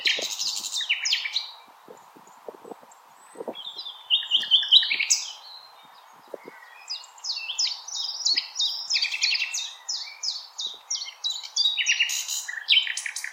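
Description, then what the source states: Common nightingale singing loud chattering phrases with pauses, then long runs of sharp repeated notes. Recorded on 16 April 2021.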